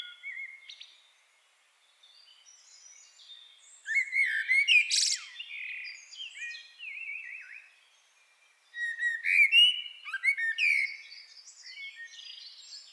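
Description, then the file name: Common blackbird song: faint whistles, then two clear phrases of low, mellow fluting that slide into high, thin, scratchy notes. "Turdus merula"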